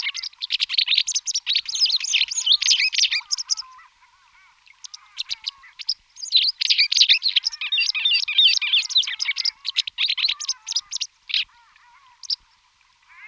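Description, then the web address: White wagtail giving a long run of rapid, sharp twittering chirps in two main bursts separated by a brief pause, ending with scattered single notes. Song, recorded in 2004. "singvoegel. gesang. roche 2004 bachstelze"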